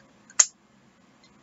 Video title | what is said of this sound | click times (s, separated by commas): The different types of containers for Dp. | Hear the snap. | 0.4 s